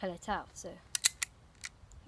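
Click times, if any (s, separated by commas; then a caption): 1.1 s, 1.2 s. Someone talks briefly, then the black cocking lever of a target air pistol is pulled until it latches, so the chamber is cocked to push pressurized air into the barrel. Sharp clicks ring out at 1.1 s and 1.2 s, followed by a few fainter ticks. The lever clicks into place and is seated.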